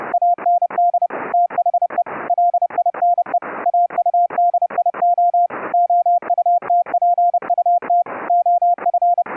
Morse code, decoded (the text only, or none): AND THE LINE AUDIO OUTPUT OF